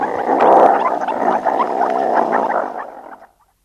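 Meerkat gravelly growl lasting about three seconds, steady and rasping, then fading quickly into silence.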